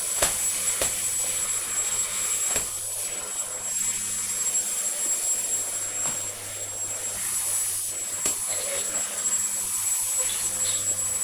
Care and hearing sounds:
household activities, microphone on the right wrist
0.00-11.24 s: vacuum cleaning

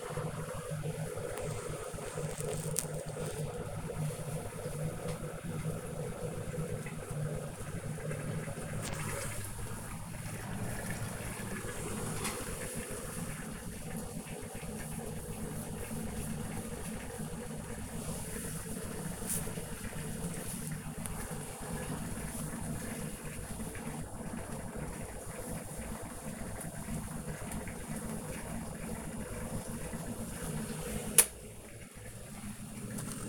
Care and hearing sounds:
household activities, microphone on the right wrist
0.00-33.29 s: making tea

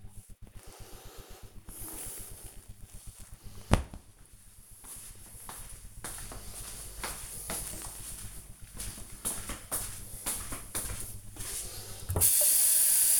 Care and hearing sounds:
household activities, microphone on the right wrist
10.85-13.20 s: watering plant

